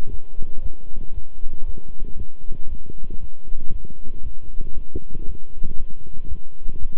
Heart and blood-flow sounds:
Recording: heart sounds by stethoscope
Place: between the tricuspid and mitral areas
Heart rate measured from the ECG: 117 bpm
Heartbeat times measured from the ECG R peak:
0.09 s: heartbeat
0.61 s: heartbeat
1.13 s: heartbeat
1.64 s: heartbeat
2.16 s: heartbeat
2.67 s: heartbeat
3.19 s: heartbeat
3.70 s: heartbeat
4.21 s: heartbeat
4.73 s: heartbeat
5.24 s: heartbeat
5.75 s: heartbeat
6.27 s: heartbeat
6.78 s: heartbeat
From the record:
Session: walking at 3.7 km/h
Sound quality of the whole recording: good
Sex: male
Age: 26 years

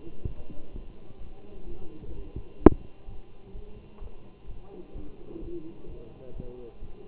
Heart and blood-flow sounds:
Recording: heart sounds by stethoscope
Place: between the tricuspid and mitral areas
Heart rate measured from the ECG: 128 bpm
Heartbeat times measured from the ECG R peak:
0.26 s: heartbeat
0.73 s: heartbeat
1.20 s: heartbeat
1.66 s: heartbeat
2.13 s: heartbeat
2.60 s: heartbeat
3.07 s: heartbeat
3.54 s: heartbeat
4.01 s: heartbeat
4.48 s: heartbeat
4.94 s: heartbeat
5.41 s: heartbeat
5.88 s: heartbeat
6.34 s: heartbeat
6.81 s: heartbeat
From the record:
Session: Bruce protocol treadmill stress test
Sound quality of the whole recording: good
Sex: male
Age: 23 years

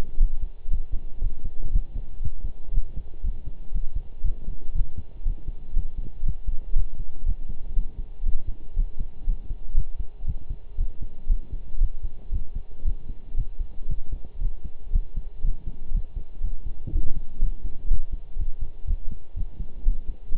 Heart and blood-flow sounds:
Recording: heart sounds by stethoscope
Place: between the tricuspid and mitral areas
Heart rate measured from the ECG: 119 bpm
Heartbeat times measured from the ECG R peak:
0.20 s: heartbeat
0.70 s: heartbeat
1.21 s: heartbeat
1.72 s: heartbeat
2.22 s: heartbeat
2.73 s: heartbeat
3.23 s: heartbeat
3.74 s: heartbeat
4.24 s: heartbeat
4.75 s: heartbeat
5.25 s: heartbeat
5.76 s: heartbeat
6.26 s: heartbeat
6.75 s: heartbeat
7.25 s: heartbeat
7.76 s: heartbeat
8.25 s: heartbeat
8.76 s: heartbeat
9.27 s: heartbeat
9.77 s: heartbeat
10.27 s: heartbeat
10.78 s: heartbeat
11.29 s: heartbeat
11.80 s: heartbeat
12.32 s: heartbeat
12.85 s: heartbeat
13.37 s: heartbeat
13.89 s: heartbeat
14.41 s: heartbeat
14.92 s: heartbeat
15.44 s: heartbeat
15.94 s: heartbeat
16.43 s: heartbeat
16.92 s: heartbeat
17.41 s: heartbeat
17.90 s: heartbeat
18.39 s: heartbeat
18.87 s: heartbeat
19.36 s: heartbeat
19.85 s: heartbeat
20.34 s: heartbeat
From the record:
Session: pedaling a stationary bicycle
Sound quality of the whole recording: partially saturated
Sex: male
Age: 23 years

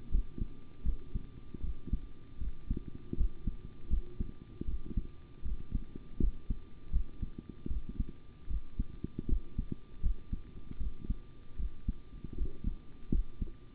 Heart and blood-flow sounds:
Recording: heart sounds by stethoscope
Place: between the tricuspid and mitral areas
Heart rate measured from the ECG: 78 bpm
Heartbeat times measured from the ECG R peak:
0.10 s: heartbeat
0.83 s: heartbeat
1.61 s: heartbeat
2.39 s: heartbeat
3.15 s: heartbeat
3.88 s: heartbeat
4.65 s: heartbeat
5.43 s: heartbeat
6.18 s: heartbeat
6.91 s: heartbeat
7.68 s: heartbeat
8.48 s: heartbeat
9.27 s: heartbeat
10.01 s: heartbeat
10.78 s: heartbeat
11.57 s: heartbeat
12.35 s: heartbeat
13.10 s: heartbeat
From the record:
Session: rest, sitting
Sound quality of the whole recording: good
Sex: male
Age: 25 years

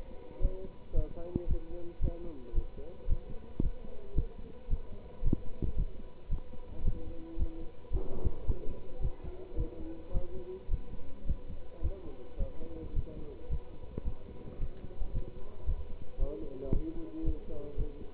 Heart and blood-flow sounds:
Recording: heart sounds by stethoscope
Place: between the tricuspid and mitral areas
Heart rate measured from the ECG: 111 bpm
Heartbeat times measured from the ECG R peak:
0.40 s: heartbeat
0.93 s: heartbeat
1.46 s: heartbeat
2.00 s: heartbeat
2.53 s: heartbeat
3.07 s: heartbeat
3.60 s: heartbeat
4.14 s: heartbeat
4.68 s: heartbeat
5.22 s: heartbeat
5.75 s: heartbeat
6.29 s: heartbeat
6.83 s: heartbeat
7.36 s: heartbeat
7.91 s: heartbeat
8.45 s: heartbeat
9.00 s: heartbeat
9.55 s: heartbeat
10.12 s: heartbeat
10.69 s: heartbeat
11.25 s: heartbeat
11.81 s: heartbeat
12.37 s: heartbeat
12.93 s: heartbeat
13.48 s: heartbeat
14.04 s: heartbeat
14.58 s: heartbeat
15.12 s: heartbeat
15.65 s: heartbeat
16.18 s: heartbeat
16.71 s: heartbeat
17.23 s: heartbeat
17.76 s: heartbeat
From the record:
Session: pedaling a stationary bicycle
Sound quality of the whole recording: good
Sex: male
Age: 27 years

